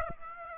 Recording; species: mosquito wingbeat signal from an infrared sensor; Aedes aegypti